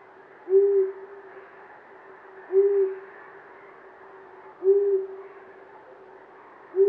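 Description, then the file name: Long-eared owl giving low, evenly pitched hoo notes about every two seconds, four hoots, background otherwise quiet apart from soft hiss. "Uszatka"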